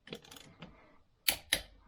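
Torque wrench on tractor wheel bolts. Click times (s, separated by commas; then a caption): 1.3 s, 1.5 s. A torque wrench tightens the last wheel bolts on one side of a Kioti CK3510SE tractor during its 50-hour service, with soft ratcheting ticks in the first half second. The wrench then gives two sharp, loud clicks at 1.3 s and 1.5 s, confirming the bolts reached torque and finishing that side.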